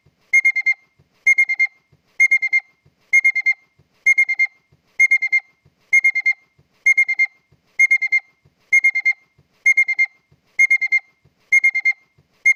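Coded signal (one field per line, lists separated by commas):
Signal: alarm pattern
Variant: Honda car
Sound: rapid bursts of four high electronic beeps, repeating steadily about once a second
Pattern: 4 short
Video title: honda car alarn ignition/alarm beeps sound effect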